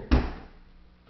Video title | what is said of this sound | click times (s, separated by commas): AK-47 Field Strip | and then slides back down and pops into place | 0.1 s